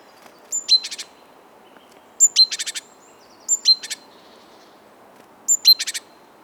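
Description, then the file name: Great tit giving repeated calls, each a sharp high note leading into a quick buzzy chatter of several notes, four bouts in a few seconds against faint background noise. "Parus major"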